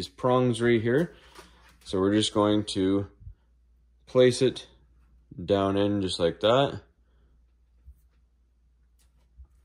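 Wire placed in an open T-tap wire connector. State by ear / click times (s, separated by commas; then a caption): not seated / none. Someone talks while a wire is laid down into the metal prongs of an open plastic T-tap wire connector and checked that it sits in them, before the connector is closed. After the talking ends near 6.8 s, only faint, quiet handling noise remains. Nothing has clicked or closed yet.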